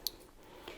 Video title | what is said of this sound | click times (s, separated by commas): Threading the sewing machine - Sewing for weavers, video 3 | and it kind of clicks. Did you hear the little click? | 0.1 s